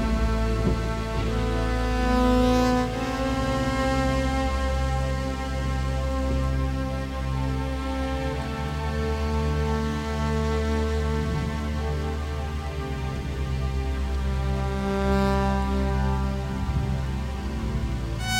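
Ambient music of sustained electric violin tones over a deep, steady drone, with gently shifting notes and a constant, dense loudness throughout.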